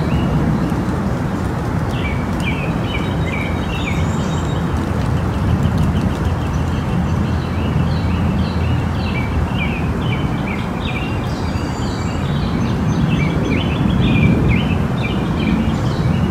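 Birds chirp in short, repeated bursts throughout, their bright calls scattered densely across the clip. Beneath them a steady, low wind roar fills the sound, rumbling evenly without pause, with the overall level staying constant from start to finish.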